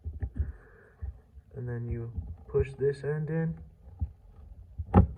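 A steel C-clip (circlip) is being worked into the wrist-pin groove of a piston during a Yamaha Blaster 200cc top-end rebuild, pushed with a lubed flathead screwdriver with the open end going in last. Someone talks while brief sharp taps and handling noises are heard, the loudest near 5.0 and 5.2 s. The clip ends before the circlip goes home, so nothing has seated or clicked yet.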